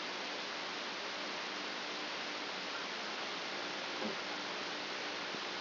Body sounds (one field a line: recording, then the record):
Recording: brain microelectrode recording played as sound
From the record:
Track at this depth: outside the subthalamic nucleus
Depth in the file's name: 8.428 mm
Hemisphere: left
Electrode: 2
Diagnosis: Parkinson's disease